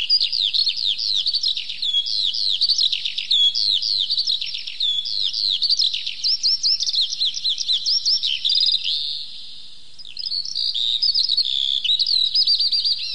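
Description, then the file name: Eurasian skylark song, a long unbroken stream of high, rapid chirps and trills, rising and falling without pause, with a short softer dip later on. "zhavoronok polevoy"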